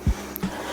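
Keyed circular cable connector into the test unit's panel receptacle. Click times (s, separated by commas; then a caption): 0.4 s. A keyed, polarized circular cable connector is rotated down onto the test unit's panel receptacle, held steady with one hand while its coupling ring is spun with the other. A low thump at the start is followed by a sharp, brief, bright click at 0.4 s and a softer low thud just after. The coupling clicks locked, and the connector is seated, attached and in place.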